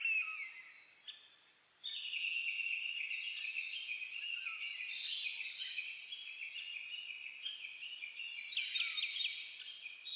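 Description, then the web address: Bird chorus of overlapping high twittering songs, sharp whistled notes and short chattering phrases, several singers at once and almost no pause. Dawn chorus (reimei) of birdsong (saezuri), recorded on 10 May 2010. "reimei -saezuri-20100510"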